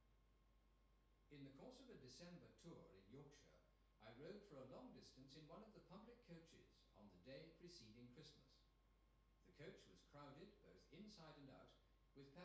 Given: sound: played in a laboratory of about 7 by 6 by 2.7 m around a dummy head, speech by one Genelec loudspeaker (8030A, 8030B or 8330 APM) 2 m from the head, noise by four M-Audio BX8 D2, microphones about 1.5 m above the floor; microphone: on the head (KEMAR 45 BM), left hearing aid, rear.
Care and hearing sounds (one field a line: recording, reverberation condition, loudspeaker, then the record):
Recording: male speech in English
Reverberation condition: medium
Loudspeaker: 30 degrees to the right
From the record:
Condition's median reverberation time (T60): about 510 ms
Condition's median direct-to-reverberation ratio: about -0.5 dB